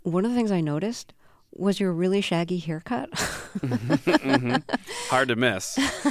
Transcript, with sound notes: one of the things I noticed was your really shaggy haircut.
(LAUGHTER)
Mm-hmm. Hard to miss.